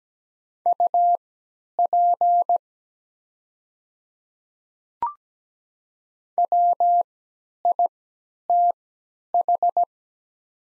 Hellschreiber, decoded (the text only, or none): none